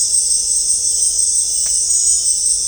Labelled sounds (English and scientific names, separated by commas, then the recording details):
none
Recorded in dense forest near Puerto Asís, Putumayo, Colombia, on 20 December 2024 at 18:30
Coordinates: 0.499, -76.324
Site G045